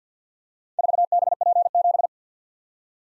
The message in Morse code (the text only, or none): 4BP7